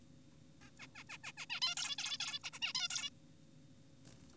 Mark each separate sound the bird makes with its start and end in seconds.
0.62-0.70, 0.80-0.87, 0.95-1.04, 1.10-1.18, 1.24-1.32, 1.38-1.46, 1.50-1.60, 1.62-1.75, 1.77-1.96, 1.98-2.18, 2.20-2.39, 2.44-2.50, 2.53-2.59, 2.62-2.73, 2.75-2.88, 2.90-3.10